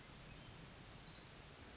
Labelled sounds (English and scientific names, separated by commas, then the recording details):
Orange-crowned Warbler (Leiothlypis celata)
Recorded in Sonoma County, California